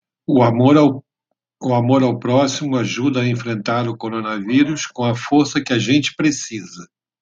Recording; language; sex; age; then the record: spoken sentence; Brazilian Portuguese; male; 50 to 59 years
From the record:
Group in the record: control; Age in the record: 59 years